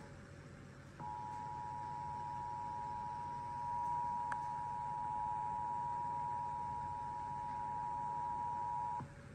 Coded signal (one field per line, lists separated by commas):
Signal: Emergency Alert System (SAME) tones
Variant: 853 and 960 Hz attention tone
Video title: EAS Severe Thunderstorm Warning EAS#244